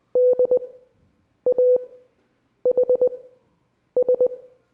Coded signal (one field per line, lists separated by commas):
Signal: Morse code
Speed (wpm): 20 wpm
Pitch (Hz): 500 Hz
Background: none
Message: DAHS